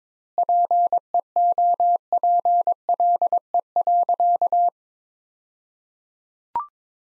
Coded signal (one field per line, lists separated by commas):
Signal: Morse code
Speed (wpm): 22 wpm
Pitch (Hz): 700 Hz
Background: none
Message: PEOPLE.